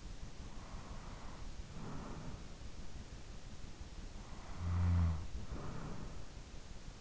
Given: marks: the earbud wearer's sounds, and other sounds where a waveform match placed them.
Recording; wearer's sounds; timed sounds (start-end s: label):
sounds in sleep by an in-ear microphone; breath, snoring breath
0.08-3.17 s: breath
4.05-7.01 s: snoring breath